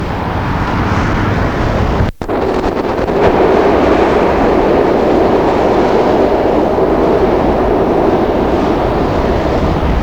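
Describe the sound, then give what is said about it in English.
A subway train roars by on a cloudy day in a loud, steady rumble of low, broad noise that fills the whole stretch, with one brief dropout early on and no voices. “It's cloudy out today, as you can tell by the subway sound.”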